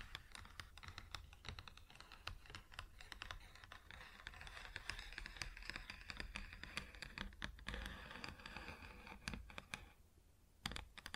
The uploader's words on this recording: ASMR Wood Surface Tapping & Scratching (No Talking).